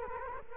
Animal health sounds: mosquito wingbeat signal from an infrared sensor; Culex quinquefasciatus

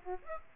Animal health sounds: mosquito wingbeat signal from an infrared sensor; Aedes aegypti

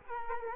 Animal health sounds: mosquito wingbeat signal from an infrared sensor; Culex quinquefasciatus

